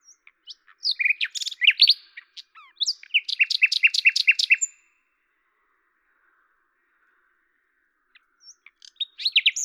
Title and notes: rossignol à LAVOURS. D83, 01350 Lavours, France. 10/05/1998